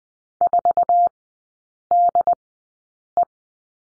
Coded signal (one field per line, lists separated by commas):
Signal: Morse code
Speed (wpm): 20 wpm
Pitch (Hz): 700 Hz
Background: none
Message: 4DE